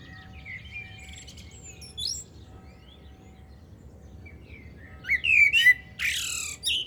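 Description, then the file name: Common blackbird giving a faint high twitter early on, then a louder fluted warble ending in thin, scratchy squeaks near the end. "Turdus merula"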